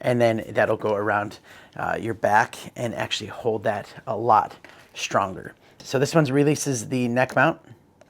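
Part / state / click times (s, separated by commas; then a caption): neck mount arm into its quick-release latch / not seated / none. A man talks about the straps on a neck mount for a MagSafe phone and action camera, then handles the neck mount arm at its quick-release plastic latch. Nothing has seated or clicked yet, and the clip ends with only a faint tick near 8.0 s.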